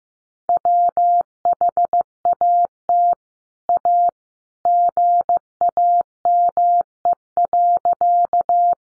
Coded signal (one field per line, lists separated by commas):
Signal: Morse code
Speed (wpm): 15 wpm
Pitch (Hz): 700 Hz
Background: none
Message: WHAT A GAME.